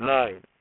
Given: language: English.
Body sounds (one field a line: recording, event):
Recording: throat vibration sensor signal played as sound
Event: speech